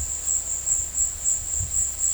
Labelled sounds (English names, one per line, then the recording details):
none
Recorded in dense forest near Puerto Asís, Putumayo, Colombia, on 20 February 2024 at 15:30
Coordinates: 0.487, -76.319
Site G6403